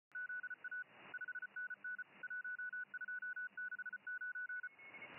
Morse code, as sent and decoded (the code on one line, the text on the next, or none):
--.. .- / ..... -. -. / .---- ..--- -.... ----.
ZA 5NN 1269